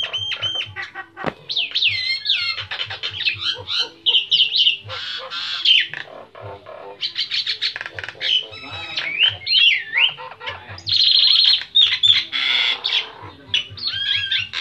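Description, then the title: Nias hill myna song, a dense run of loud whistles, harsh squawks and rapid chattering notes, with a low repeated thumping underneath. Loud, vigorously singing bird used as a model for training other songbirds (masteran). "Burung Jalak Nias Gacor Suara Super Gledek Untuk Masteran"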